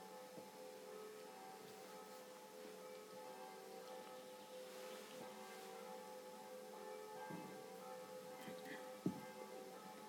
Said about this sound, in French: Les sons de les cloches de l'église nous ramènent à notre vraie demeure ici et maintenant, ensemble.